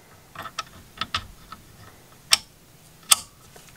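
A cleaned laser lens in its holder is carefully slotted back into its magnetic slot in the laser gantry of an xTool P2, with the notch at the bottom. A few soft ticks sound between about 0.4 and 1.5 s, then two sharp clicks at 2.3 s and 3.1 s. The holder seats in place.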